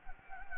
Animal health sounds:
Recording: mosquito wingbeat signal from an infrared sensor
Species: Anopheles gambiae

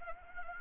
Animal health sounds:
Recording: mosquito wingbeat signal from an infrared sensor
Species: Anopheles arabiensis

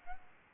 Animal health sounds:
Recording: mosquito wingbeat signal from an infrared sensor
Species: Aedes albopictus

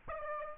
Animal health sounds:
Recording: mosquito wingbeat signal from an infrared sensor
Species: Aedes aegypti

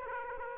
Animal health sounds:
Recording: mosquito wingbeat signal from an infrared sensor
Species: Aedes aegypti

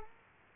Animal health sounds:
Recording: mosquito wingbeat signal from an infrared sensor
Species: Culex quinquefasciatus

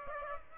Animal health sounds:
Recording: mosquito wingbeat signal from an infrared sensor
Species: Aedes aegypti

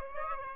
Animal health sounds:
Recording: mosquito wingbeat signal from an infrared sensor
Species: Aedes aegypti

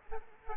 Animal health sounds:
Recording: mosquito wingbeat signal from an infrared sensor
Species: Aedes aegypti

